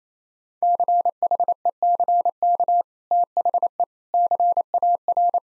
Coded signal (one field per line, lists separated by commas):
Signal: Morse code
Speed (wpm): 27 wpm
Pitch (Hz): 700 Hz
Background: none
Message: CHECK THE CAR